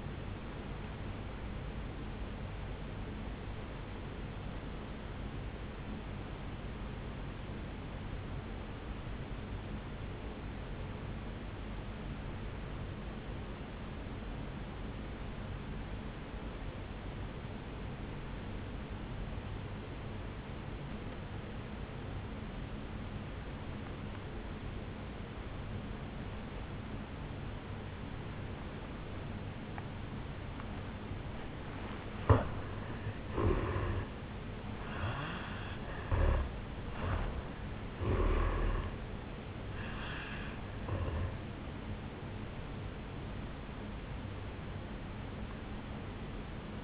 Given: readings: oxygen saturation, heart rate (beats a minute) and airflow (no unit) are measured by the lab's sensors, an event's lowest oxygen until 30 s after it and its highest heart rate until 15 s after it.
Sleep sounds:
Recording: breathing in sleep by a voice recorder at the bedside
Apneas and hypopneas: 1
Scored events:
7.00-34.10 s: obstructive apnea (N1, oxygen 96% highest, then 82% lowest, heart rate 55 at the start, 74 highest)
15.00-46.84 s: new sleep stage, N2 (light sleep)
From the record:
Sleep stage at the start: N1 (lightest sleep)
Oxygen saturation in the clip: 83 to 96%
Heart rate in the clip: 53 to 74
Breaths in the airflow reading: 5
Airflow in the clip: -10.3 to 7.1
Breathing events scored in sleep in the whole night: 449 in 7.0 hours asleep

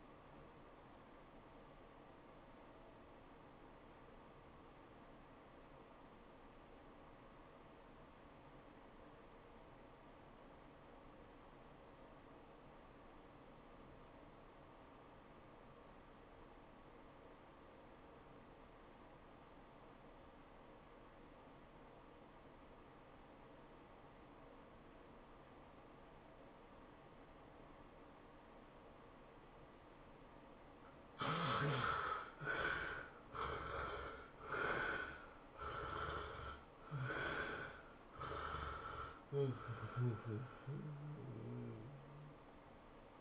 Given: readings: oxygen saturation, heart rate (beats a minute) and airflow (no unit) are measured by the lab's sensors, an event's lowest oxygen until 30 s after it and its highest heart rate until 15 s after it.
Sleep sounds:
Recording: breathing in sleep by a voice recorder at the bedside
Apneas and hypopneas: 1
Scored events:
5.00-33.10 s: obstructive apnea (REM, oxygen 93% highest, then 68% lowest, heart rate 101 at the start, 110 highest)
From the record:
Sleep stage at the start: REM sleep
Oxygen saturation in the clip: 67 to 93%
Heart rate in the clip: 66 to 110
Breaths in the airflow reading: 4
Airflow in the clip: -15.3 to 9.5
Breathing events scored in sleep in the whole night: 403 in 5.5 hours asleep

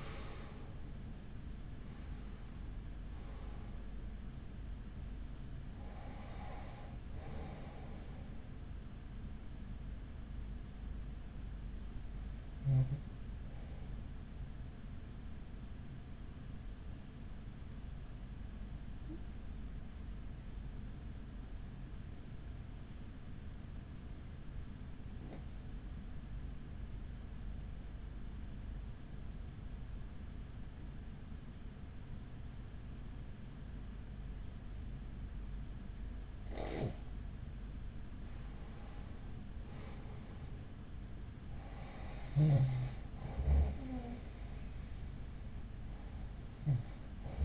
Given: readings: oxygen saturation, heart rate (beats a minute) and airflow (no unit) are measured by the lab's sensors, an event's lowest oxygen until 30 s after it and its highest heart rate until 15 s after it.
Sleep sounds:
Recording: breathing in sleep by a smartphone at the bedside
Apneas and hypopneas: 1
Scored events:
10.00-37.20 s: hypopnea (N1, oxygen 96% highest, then 90% lowest, heart rate 49 at the start, 55 highest)
From the record:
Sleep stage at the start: N1 (lightest sleep)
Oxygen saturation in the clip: 89 to 96%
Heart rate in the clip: 45 to 64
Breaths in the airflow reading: 6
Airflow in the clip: -8.3 to 8.8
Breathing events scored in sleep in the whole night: 207 in 7.6 hours asleep

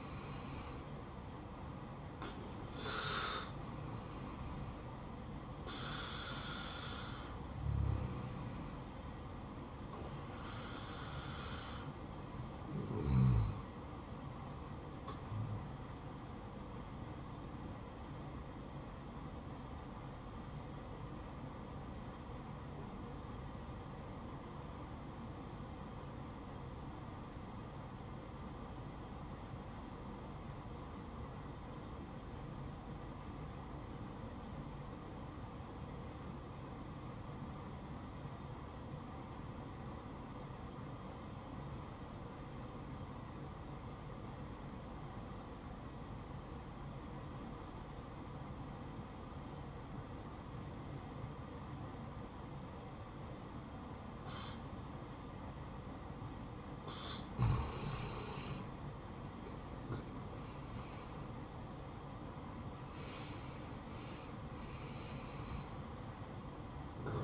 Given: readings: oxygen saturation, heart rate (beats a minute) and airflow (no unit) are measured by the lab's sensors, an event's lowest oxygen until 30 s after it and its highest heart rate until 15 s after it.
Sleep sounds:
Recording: breathing in sleep by a smartphone at the bedside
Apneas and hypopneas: 1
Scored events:
18.00-58.60 s: obstructive apnea (N2, oxygen 97% highest, then 87% lowest, heart rate 64 at the start, 69 highest)
From the record:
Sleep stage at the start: N2 (light sleep)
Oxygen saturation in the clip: 86 to 97%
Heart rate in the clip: 62 to 68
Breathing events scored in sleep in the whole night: 573 in 9.8 hours asleep

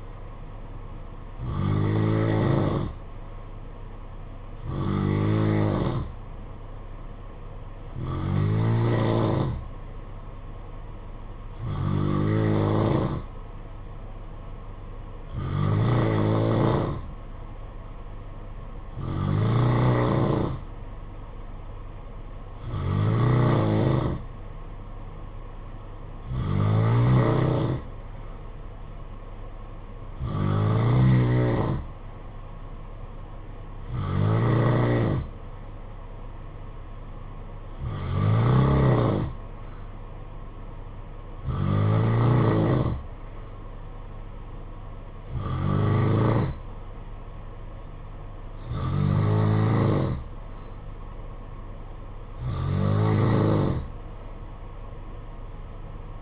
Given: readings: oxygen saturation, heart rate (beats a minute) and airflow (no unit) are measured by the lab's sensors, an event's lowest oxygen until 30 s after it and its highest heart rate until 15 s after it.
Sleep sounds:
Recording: breathing in sleep by a smartphone at the bedside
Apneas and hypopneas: none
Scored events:
49.00-56.22 s: new sleep stage, N3 (deep sleep)
From the record:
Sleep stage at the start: N2 (light sleep)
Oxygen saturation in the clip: 90 to 91%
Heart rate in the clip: 55 to 62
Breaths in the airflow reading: 15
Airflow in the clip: -7.0 to 4.6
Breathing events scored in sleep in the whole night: 476 in 9.7 hours asleep

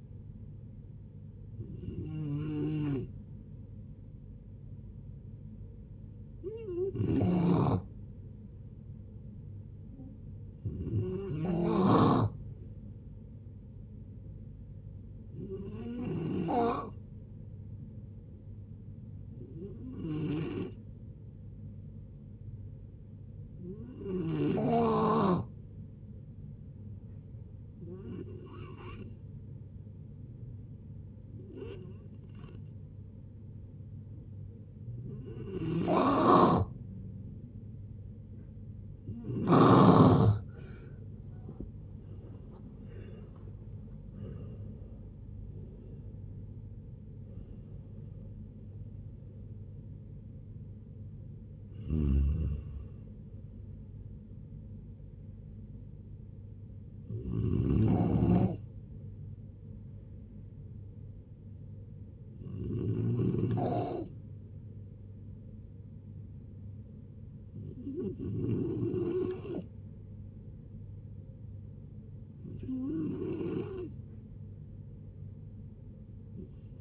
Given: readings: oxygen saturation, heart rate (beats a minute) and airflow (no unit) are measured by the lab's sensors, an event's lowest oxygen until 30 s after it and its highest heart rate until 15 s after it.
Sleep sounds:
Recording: a person awake in a sleep study, by a smartphone at the bedside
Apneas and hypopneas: none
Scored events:
0.00-76.81 s: awake
0.00-76.81 s: awake
From the record:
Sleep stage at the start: awake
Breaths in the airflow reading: 31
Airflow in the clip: -0.7 to 0.8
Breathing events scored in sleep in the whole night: 496 in 5.4 hours asleep

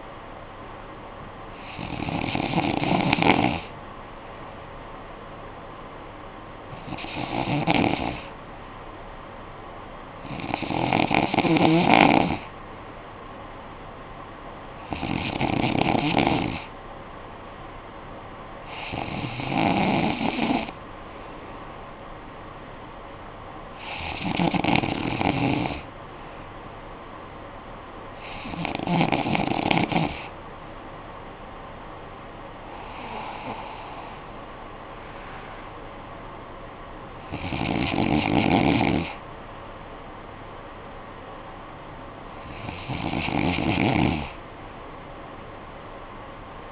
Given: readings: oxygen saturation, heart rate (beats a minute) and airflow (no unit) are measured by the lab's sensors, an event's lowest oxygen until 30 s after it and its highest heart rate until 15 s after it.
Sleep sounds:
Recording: breathing in sleep by a voice recorder at the bedside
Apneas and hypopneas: none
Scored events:
none scored
From the record:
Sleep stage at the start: N2 (light sleep)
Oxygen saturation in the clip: 93 to 94%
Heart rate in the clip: 53 to 69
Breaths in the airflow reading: 10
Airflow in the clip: -10.4 to 7.9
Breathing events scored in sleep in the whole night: 445 in 7.6 hours asleep

